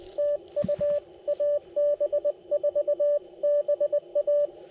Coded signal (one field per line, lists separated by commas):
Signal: Morse code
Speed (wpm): 23 wpm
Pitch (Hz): 590 Hz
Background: radio noise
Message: TU AB4BA